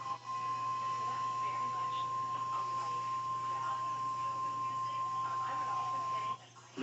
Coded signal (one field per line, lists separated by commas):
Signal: Emergency Alert System (SAME) tones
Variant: 1050 Hz attention tone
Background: speech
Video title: 2023 Carolina Tornado Drills 'n... stuff | EAS #123-125 (EAS Tests from 3/1-8/2023)